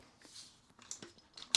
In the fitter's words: locks in place there. You just keep this on your shoulder.